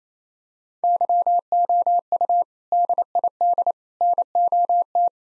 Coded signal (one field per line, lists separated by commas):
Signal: Morse code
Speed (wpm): 27 wpm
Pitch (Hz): 700 Hz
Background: none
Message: YOU DID NOT